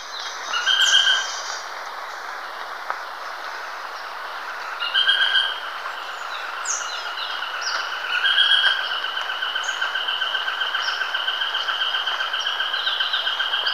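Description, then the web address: Nariño tapaculo song, a long steady trill of rapid repeated notes running through the second half, with other birds' brief whistles and chirps earlier. Recorded in Ecuador. "Natures Songs S America Birds of Ecuador Narino Tapaculo"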